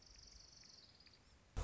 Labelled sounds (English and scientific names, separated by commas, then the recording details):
Orange-crowned Warbler (Leiothlypis celata)
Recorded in Sonoma County, California